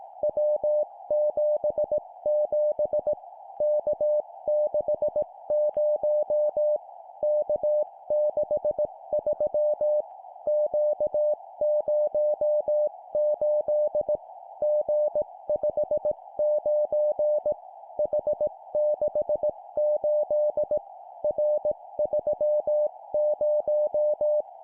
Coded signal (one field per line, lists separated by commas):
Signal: Morse code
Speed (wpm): 18 wpm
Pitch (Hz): 600 Hz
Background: music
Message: W77 K60 K63 Q08 G59 H68 R30